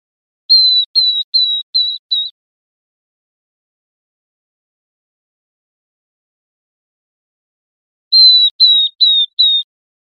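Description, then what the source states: Northern beardless-tyrannulet calling: a quick run of five clear, slightly falling whistled notes, then silence, then a second run of four matching notes near the end. Recorded 8 June 2002.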